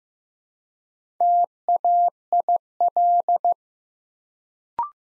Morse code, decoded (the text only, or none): TAIL